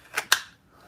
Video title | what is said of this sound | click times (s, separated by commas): Did Some Knife Testing WOW | got that positive click | 0.3 s